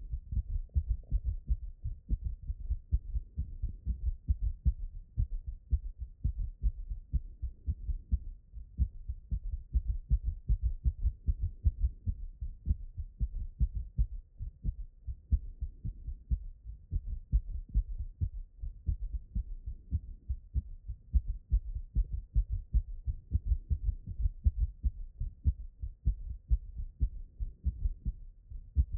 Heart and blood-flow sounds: heart sounds by stethoscope; pulmonary valve (PV)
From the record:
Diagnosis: HFrEF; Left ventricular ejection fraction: 22%

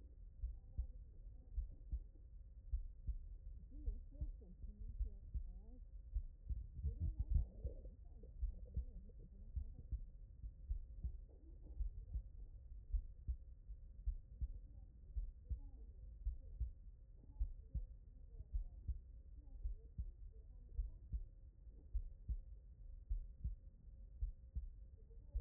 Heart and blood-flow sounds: heart sounds by stethoscope; tricuspid valve (TV)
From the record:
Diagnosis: non-HFrEF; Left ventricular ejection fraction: 67%

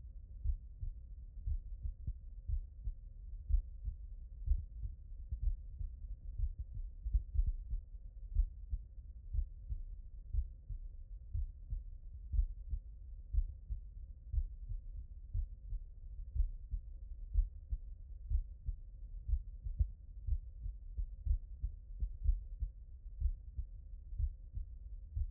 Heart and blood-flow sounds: heart sounds by stethoscope; mitral valve (MV)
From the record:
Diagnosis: non-HFrEF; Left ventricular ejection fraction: 67%

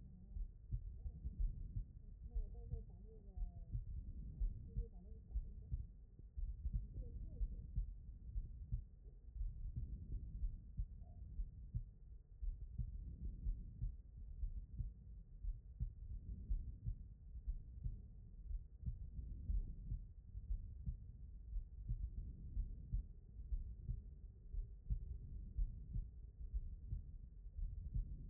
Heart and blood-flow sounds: heart sounds by stethoscope; aortic valve (AV)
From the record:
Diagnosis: non-HFrEF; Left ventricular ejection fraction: 62%

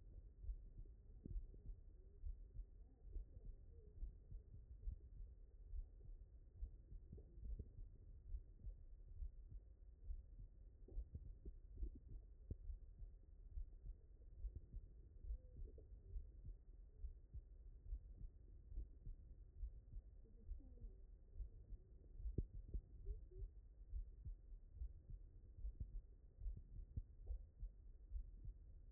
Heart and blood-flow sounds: heart sounds by stethoscope; mitral valve (MV)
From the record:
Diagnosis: non-HFrEF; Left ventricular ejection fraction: 57%

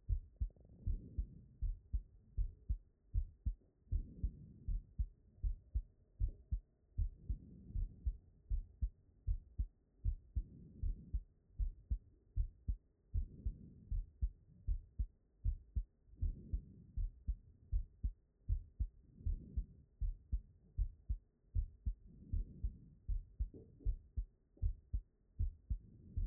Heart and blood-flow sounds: heart sounds by stethoscope; pulmonary valve (PV)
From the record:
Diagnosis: non-HFrEF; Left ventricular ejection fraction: 69%

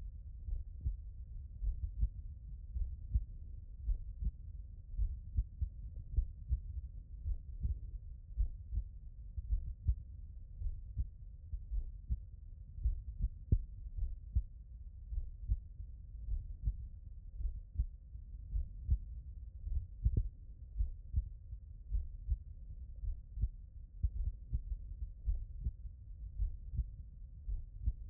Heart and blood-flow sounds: heart sounds by stethoscope; tricuspid valve (TV)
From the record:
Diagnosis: non-HFrEF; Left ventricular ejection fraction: 67%

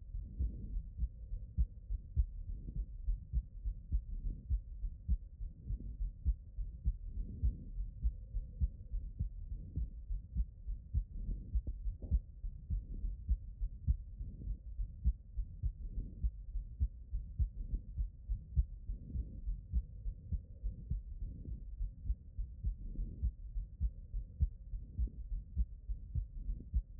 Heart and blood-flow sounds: heart sounds by stethoscope; pulmonary valve (PV)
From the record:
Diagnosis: HFrEF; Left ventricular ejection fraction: 28%

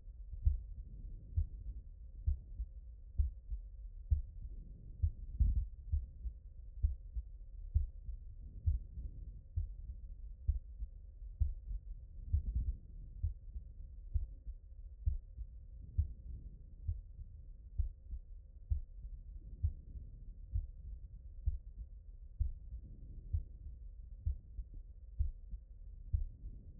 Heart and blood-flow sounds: heart sounds by stethoscope; pulmonary valve (PV)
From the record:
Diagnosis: non-HFrEF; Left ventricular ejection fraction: 66%

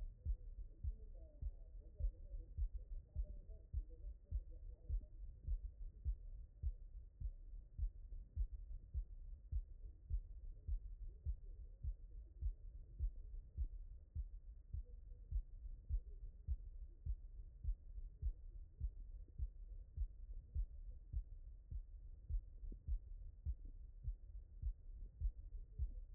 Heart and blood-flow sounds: heart sounds by stethoscope; mitral valve (MV)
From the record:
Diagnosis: HFrEF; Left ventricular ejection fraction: 15%

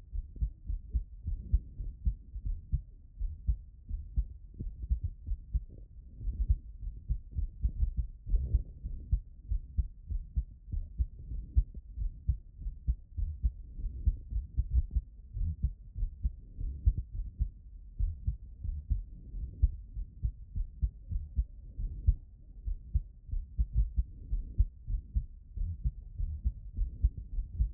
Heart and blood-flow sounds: heart sounds by stethoscope; aortic valve (AV)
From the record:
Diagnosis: non-HFrEF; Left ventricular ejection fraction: 49%

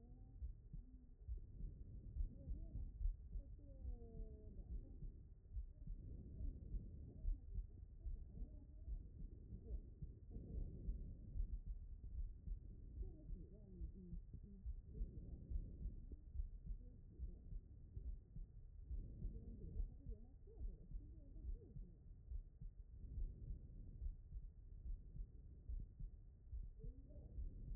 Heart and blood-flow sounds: heart sounds by stethoscope; aortic valve (AV)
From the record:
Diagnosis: non-HFrEF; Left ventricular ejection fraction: 65%

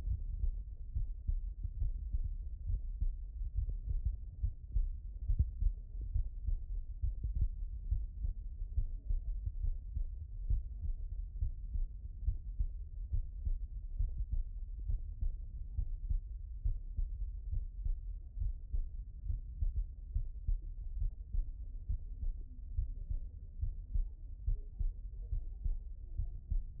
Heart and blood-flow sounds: heart sounds by stethoscope; pulmonary valve (PV)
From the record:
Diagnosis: non-HFrEF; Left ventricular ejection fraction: 67%

